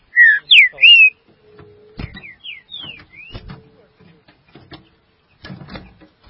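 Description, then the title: Green-winged saltator gives three loud slurred whistles at the outset, followed by softer whistled notes and intermittent knocking and clatter. "Trinca Ferro"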